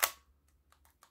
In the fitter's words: all right now it locks into place you have to press the button so cool that's done